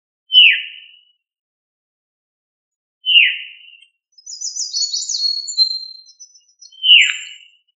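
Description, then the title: Thrush song: sharp downslurred whistled notes roughly every three seconds, with a high, buzzy twittering phrase between the last two notes. Thrush of the family Turdidae, locally called sabiá. "Familia Turdidae - Sabia"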